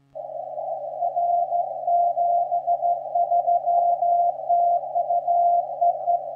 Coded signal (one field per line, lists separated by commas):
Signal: Morse code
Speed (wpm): 14 wpm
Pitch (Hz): 700 Hz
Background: radio noise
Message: R 73 TU EE